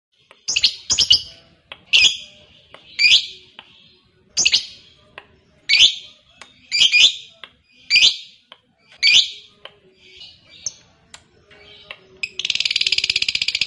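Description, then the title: Lovebird giving harsh, shrill chirps roughly once a second, some doubled, ending in a sustained rapid buzzy chatter over the last seconds. Fighter-type lovebird singing energetically (gacor). "SUARA Lovebird FIGHTER GACOR"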